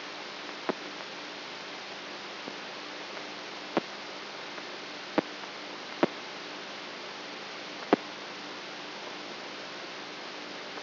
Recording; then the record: brain microelectrode recording played as sound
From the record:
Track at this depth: outside the subthalamic nucleus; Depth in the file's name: 7.04 mm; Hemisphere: right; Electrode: 3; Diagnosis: Parkinson's disease